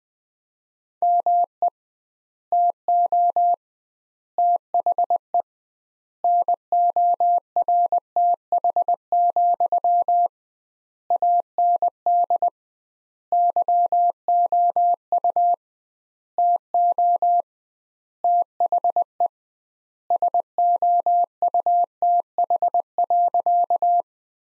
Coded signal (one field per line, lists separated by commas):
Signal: Morse code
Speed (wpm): 20 wpm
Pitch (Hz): 700 Hz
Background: none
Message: ME TO THE NORTH, AND YOU TO THE SOUTH.